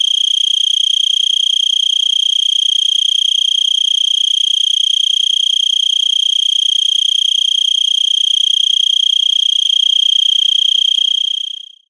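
Four-spotted tree cricket singing a long, unbroken shrill trill, evenly pulsed and steady in pitch, ending with a quick fade.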